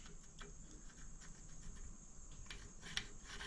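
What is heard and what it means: A threaded bicycle bottom bracket cup, likely steel, is turned backwards by hand against the threaded frame shell of a 1965 Schwinn Coppertone, giving faint, irregular scraping ticks. At 3.0 s a small, sharp click sounds as the cup's thread drops into the start of the frame thread, so the cup is seated on the thread start, avoiding cross-threading.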